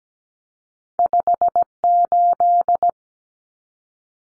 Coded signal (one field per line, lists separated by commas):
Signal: Morse code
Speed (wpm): 17 wpm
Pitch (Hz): 700 Hz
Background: none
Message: 58